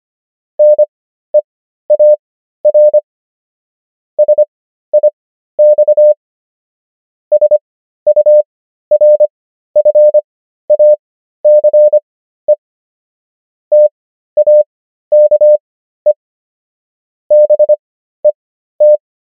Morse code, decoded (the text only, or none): NEAR SIX SURFACE TAKE BET